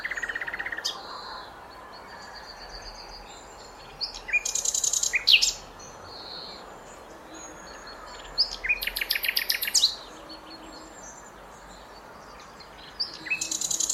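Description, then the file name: Common nightingale singing varied phrases: whistled notes and dense buzzy rattles, with pauses between bursts and several fast repeated-note trills. "Luscinia megarhynchos"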